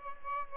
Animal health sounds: mosquito wingbeat signal from an infrared sensor; Aedes albopictus

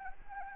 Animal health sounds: mosquito wingbeat signal from an infrared sensor; Anopheles arabiensis

